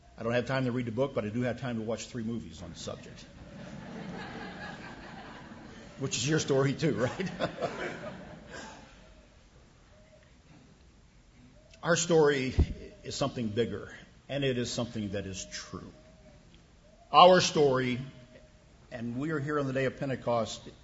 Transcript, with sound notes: I don't have time to read the book, but I do have time to watch three movies on the subject,” which is your story, too, right? (Laughter) Our story is something bigger and it is something that is true. Our story – and we are here on the day of Pentecost